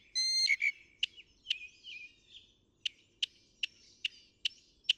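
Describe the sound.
Northern mockingbird song: a clear whistled note, a fluttering warble, and a run of sharp, high chips spaced roughly every half second.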